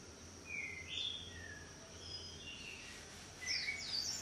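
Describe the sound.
Bird song of thin, high whistled notes, some rising and some falling, given in loose scattered phrases over constant background hiss.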